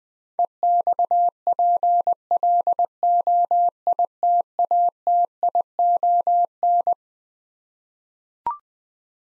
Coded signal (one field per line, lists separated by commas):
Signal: Morse code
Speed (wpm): 21 wpm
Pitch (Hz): 700 Hz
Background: none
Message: EXPLOITATION